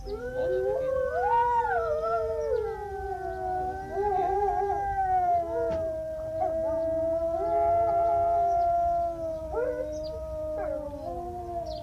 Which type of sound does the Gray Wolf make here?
howling